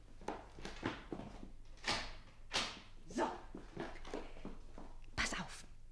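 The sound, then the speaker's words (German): A door is shut amid a run of short wooden knocks and clatters, with a few sharper bangs standing out from quieter shuffling noises in between. “Ach, die Tür.”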